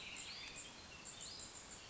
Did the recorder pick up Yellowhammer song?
no